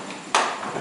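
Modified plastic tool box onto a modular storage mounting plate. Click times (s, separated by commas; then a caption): 0.3 s. A plastic Milwaukee XL tool box with its top handles cut off is pushed down onto a modular mounting plate. After a quiet stretch, one loud, sharp, broadband snap rings out at 0.3 s and fades into low background noise. The box latches and seats on the plate.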